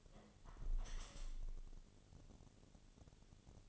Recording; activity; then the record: daily activity, microphone in the room; close window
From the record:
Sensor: 4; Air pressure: 1015.8 hPa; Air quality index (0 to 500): 97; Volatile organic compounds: 2 ppm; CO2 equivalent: 1081 ppm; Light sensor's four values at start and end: 9/20/8/7 and 9/20/8/7